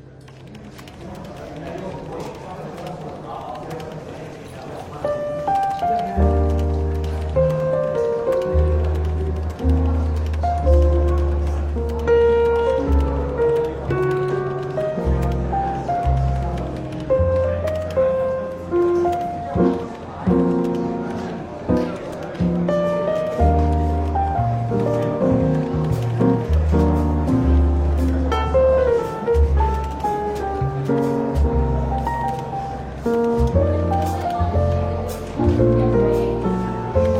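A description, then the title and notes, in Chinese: Soft, relaxed jazz plays in a bookshop café in London, with a warm bass line entering around five seconds and walking steadily beneath shifting chords and melody. Faint chatter and light clinks run underneath throughout, keeping a mild background bustle. 伦敦书店咖啡馆轻微喧闹氛围与柔和轻松的爵士背景音乐。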